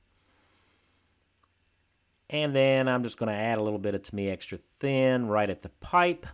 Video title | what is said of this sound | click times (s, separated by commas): Wright Cyclone 9 Kit Build Part 2, Painting and Final Assembly | tight squeeze but it does pop into place | 1.4 s, 1.5 s